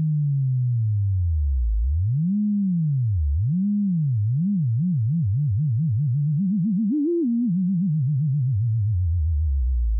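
A pure self-oscillating tone, low and clean, sweeps downward, then swoops up and down in arcs that grow faster and narrower, climbing to a peak near seven seconds before sliding back down. Loudness stays steady throughout, with no other sounds.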